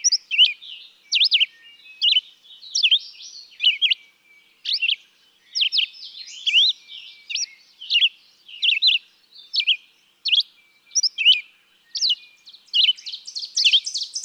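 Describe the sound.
Red-eyed vireo singing a continuous series of brief whistled phrases, roughly one per second.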